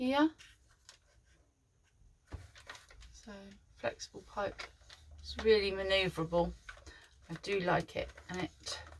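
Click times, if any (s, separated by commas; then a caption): none. The floor head of a cordless vacuum cleaner is handled against its flexible wand while someone talks, with a few faint handling knocks. Nothing has seated or clicked yet; the head is not yet locked into place when the clip ends.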